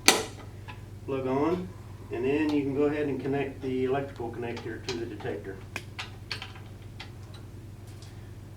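A gas hose quick-disconnect is pushed down onto the detector fitting of a Model 239-1F and snaps in place with a sharp click at 0.1 s. Someone then talks, and a few fainter ticks follow around 6.0 to 7.0 s.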